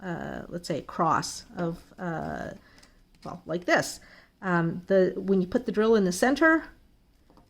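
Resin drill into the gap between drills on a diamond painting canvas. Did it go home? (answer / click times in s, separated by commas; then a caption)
yes / 7.3 s, 7.4 s. A resin diamond-painting drill is pressed into the center gap between other drills on a diamond painting canvas while a drill ruler is used. Someone talks for most of the clip, then after a pause a faint, short snap is heard at 7.3 s and 7.4 s as the drill seats into place.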